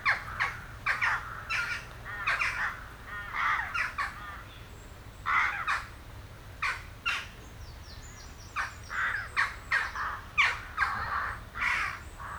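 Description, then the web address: Western jackdaw calls, a busy flock of short metallic chacks and squawks overlapping almost continuously, faint higher chirps behind them. "Effects 02-Birds, Insects Animals. Birds Crown Jackdaws"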